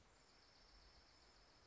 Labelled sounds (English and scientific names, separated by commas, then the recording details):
Dark-eyed Junco (Junco hyemalis)
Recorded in Sonoma County, California